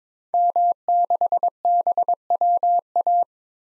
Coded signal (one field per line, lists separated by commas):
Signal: Morse code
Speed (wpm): 22 wpm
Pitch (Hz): 700 Hz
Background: none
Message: M6BWA